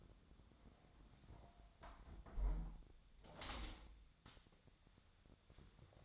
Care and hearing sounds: daily activity, microphone in the room; close window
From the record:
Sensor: 3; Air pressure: 1006.4 hPa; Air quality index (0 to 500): 193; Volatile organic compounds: 14 ppm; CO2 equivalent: 2452 ppm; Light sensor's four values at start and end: 10/23/10/10 and 9/22/9/9

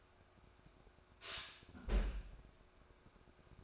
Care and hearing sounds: daily activity, microphone in the room; close fridge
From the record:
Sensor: 2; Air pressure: 1004.5 hPa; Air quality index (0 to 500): 183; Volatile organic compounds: 10 ppm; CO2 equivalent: 2199 ppm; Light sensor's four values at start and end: 4/11/4/4 and 4/11/4/4

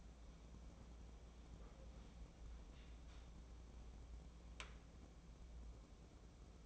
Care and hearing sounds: daily activity, microphone in the room; wipe stove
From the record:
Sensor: 1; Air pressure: 1012.4 hPa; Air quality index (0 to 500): 162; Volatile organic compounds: 3 ppm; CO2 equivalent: 1332 ppm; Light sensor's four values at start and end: 578/1321/591/690 and 570/1304/583/680

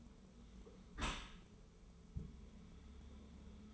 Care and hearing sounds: daily activity, microphone in the room; close dishwasher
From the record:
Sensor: 1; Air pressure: 1015.0 hPa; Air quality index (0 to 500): 25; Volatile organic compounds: 0 ppm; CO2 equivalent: 502 ppm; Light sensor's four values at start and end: 13/30/12/13 and 13/30/12/13

